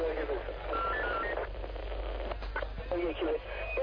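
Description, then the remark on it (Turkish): An inspector dials a telephone to call Ms. Flugger, with a few short, high electronic tone beeps in quick succession over a steady low hum and muffled background noise. “Kimi arıyorsunuz şef?”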